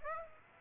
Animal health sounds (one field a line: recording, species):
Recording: mosquito wingbeat signal from an infrared sensor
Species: Aedes aegypti